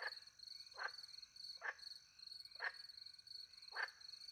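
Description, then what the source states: Frog making five short rasping croaks at uneven intervals, while crickets keep up a continuous high shrill chorus. Recorded by night in the French countryside beside a little pond, with crickets; microphones hidden in a tree near the pond; two Usi Pro microphones into a MixPre-10 II recorder.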